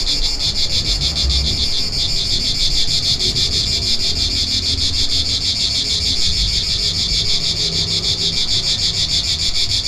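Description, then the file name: A high, insistent cicada buzz pulses steadily for ten seconds above a muffled low background. Recorded 3 September 2009. "Enregistrement Cigales"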